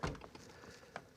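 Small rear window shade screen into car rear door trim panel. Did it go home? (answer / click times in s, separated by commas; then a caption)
no / none. A small plastic rear window shade screen is lined up and pushed by hand into a car's rear door trim panel, with short plastic taps and rubs at about 0.0, 0.2 and 1.0 seconds. Nothing has seated or clicked yet; the clip ends while the screen is still being handled, before it snaps into the panel.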